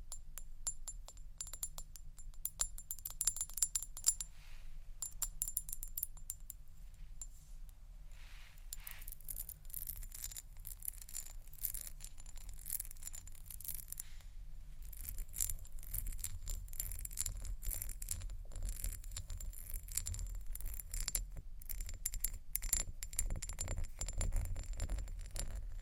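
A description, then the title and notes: Small objects of glass and wood clink, tap and rattle against one another in quick, irregular bursts. The clatter thins out around the eighth second, then grows busier and denser from about fifteen seconds on, over a steady low hum. Glass, wood, sponges, box, etc.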